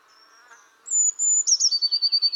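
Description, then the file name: Eurasian blue tit calling: a high thin whistled note, then a quick buzzy trill of several pulses. "Cyanistes caeruleus"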